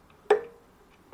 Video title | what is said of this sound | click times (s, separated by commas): Metabo BS 200 Plus bench grinder review | when you hear it clicking it means it's backed out completely and then it's falling again into the hole | 0.3 s